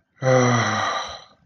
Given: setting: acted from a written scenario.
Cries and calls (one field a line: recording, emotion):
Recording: vocal sound without words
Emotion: sympathy